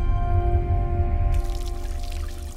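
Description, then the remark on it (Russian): A razor is rinsed under a steady rush of running tap water that pours and splashes for a couple of seconds, with a brief rinsing swish partway through, fairly loud and continuous with no voices. “Стив Роджерс споласкивает бритву под струей воды, откладывает в сторону, вытирает чисто выбритое лицо.”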